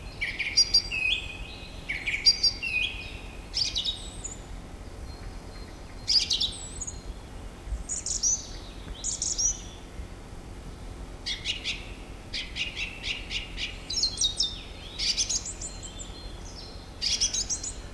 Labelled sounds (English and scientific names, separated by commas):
Song Thrush (Turdus philomelos) song